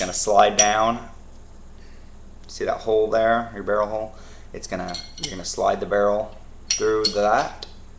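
During reassembly of a Glock handgun, a pistol barrel is lined up to slide through the barrel hole in the slide while someone talks over quiet handling. Nothing has seated or clicked into place yet.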